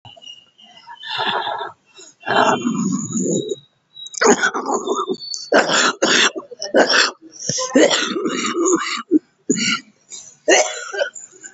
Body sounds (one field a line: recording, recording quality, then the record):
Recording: shallow breathing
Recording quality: poor, much background noise or distortion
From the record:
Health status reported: COVID-19 positive, moderate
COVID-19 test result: positive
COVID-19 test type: RT-PCR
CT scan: not taken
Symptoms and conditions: cough, breathing difficulty, fatigue, asthma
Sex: female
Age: 60 years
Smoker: no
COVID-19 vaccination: both doses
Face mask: not worn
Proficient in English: yes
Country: India